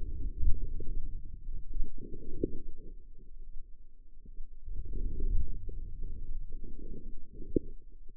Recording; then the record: forearm muscle sounds (acoustic myography)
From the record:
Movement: outward rotation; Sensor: system 2, bracelet of six BSWA MPA416 microphones around the upper forearm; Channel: 6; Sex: female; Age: 25 years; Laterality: right